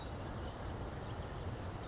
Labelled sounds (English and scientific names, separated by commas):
California Towhee (Melozone crissalis)